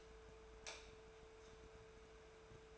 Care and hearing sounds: daily activity, microphone in the room; light off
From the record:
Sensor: 2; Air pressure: 1014.6 hPa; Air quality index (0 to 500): 186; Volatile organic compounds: 14 ppm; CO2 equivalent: 2465 ppm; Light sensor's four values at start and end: 23/61/25/26 and 26/65/28/31

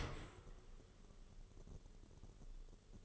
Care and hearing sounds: daily activity, microphone in the room; open dishwasher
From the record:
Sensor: 4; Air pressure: 1015.9 hPa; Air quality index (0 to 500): 102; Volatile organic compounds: 2 ppm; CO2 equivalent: 1144 ppm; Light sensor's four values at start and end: 9/19/7/7 and 8/18/7/7

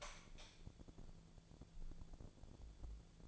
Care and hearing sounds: daily activity, microphone in the room; light on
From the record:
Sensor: 5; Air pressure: 1000.2 hPa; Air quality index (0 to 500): 99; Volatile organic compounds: 1 ppm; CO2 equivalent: 804 ppm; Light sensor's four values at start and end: 208/496/212/232 and 210/502/214/235

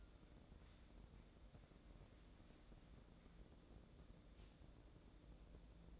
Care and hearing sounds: daily activity, microphone in the room; wipe stove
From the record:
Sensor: 3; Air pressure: 1012.3 hPa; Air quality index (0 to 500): 174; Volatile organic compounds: 3 ppm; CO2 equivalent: 1335 ppm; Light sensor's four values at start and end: 603/1497/619/633 and 603/1498/619/633

